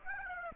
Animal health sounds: mosquito wingbeat signal from an infrared sensor; Aedes aegypti

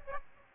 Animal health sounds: mosquito wingbeat signal from an infrared sensor; Aedes aegypti

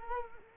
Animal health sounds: mosquito wingbeat signal from an infrared sensor; Culex quinquefasciatus

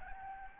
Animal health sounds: mosquito wingbeat signal from an infrared sensor; Aedes albopictus

